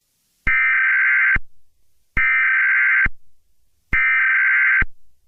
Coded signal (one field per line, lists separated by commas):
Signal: Emergency Alert System (SAME) tones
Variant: header bursts